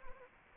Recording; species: mosquito wingbeat signal from an infrared sensor; Anopheles arabiensis